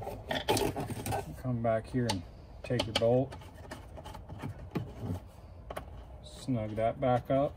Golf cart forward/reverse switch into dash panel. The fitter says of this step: push it down and it'll snap into place